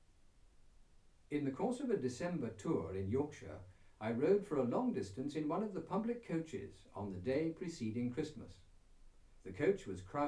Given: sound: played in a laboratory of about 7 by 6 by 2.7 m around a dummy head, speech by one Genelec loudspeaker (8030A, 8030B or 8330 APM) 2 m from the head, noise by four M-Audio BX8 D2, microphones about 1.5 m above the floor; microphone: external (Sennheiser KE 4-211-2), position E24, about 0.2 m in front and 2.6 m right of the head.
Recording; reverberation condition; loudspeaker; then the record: male speech in English; low; 150 degrees to the left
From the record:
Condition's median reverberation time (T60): about 310 ms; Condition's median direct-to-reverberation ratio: about 3.5 dB